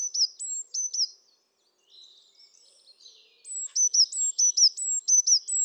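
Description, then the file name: Eurasian blue tit producing quick high paired notes, flat then falling, in repeated series separated by a short pause with faint twittering. "Cyanistes caeruleus"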